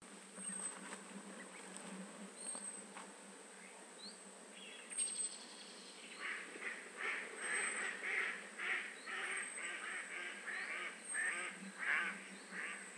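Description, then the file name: Common blackbird calls: after a few faint chirps, a run of harsh, clucking chuck notes repeats rapidly through the second half, over a steady high tone. "Turdus merula"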